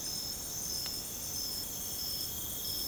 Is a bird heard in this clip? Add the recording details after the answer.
no. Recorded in secondary vegetation near Puerto Asís, Putumayo, Colombia, on 20 December 2024 at 02:00. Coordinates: 0.468, -76.324. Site G095